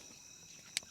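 A black, food-grade plastic folding camp fork is pulled out to its extended position, and its hinge locks open with one sharp click at 0.8 seconds. Steady insect-like chirping and a faint hiss continue in the background.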